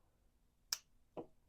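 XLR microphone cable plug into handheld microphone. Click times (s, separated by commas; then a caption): 0.7 s. The XLR end of a microphone cable is pushed into a handheld microphone until its latch clicks. A sharp, bright click comes at 0.7 s, followed by a softer, duller knock around 1.2 s. The plug is seated and secured so it will not come out.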